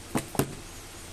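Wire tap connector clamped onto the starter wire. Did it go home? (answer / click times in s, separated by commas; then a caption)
yes / 0.4 s. A plastic wire tap connector is squeezed shut with pliers over the yellow-green starter wire. A softer snap is heard at 0.2 s, then a sharp click at 0.4 s as the connector locks shut, clamped onto the wire. No one speaks during the clip.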